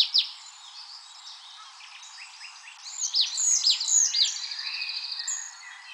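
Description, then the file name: Marsh tit calls: sharp downslurred chirps around midway, then a fast, even run of high notes. "Poecile palustris"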